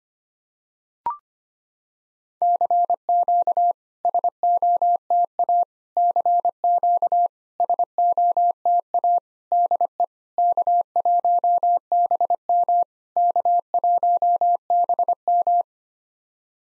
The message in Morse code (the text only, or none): CQ SOTA CQ SOTA DE K1BM K1BM